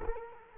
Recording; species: mosquito wingbeat signal from an infrared sensor; Culex quinquefasciatus